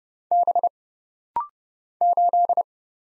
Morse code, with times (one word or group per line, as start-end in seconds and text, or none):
0.3-0.7 B
2.0-2.6 8